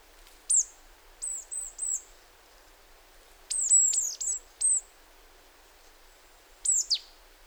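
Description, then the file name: Marsh Tit calls: sharp, very high notes sliding downward, given singly and in quick clusters of two to four, with short pauses between bursts over a quiet background. "Poecile palustris"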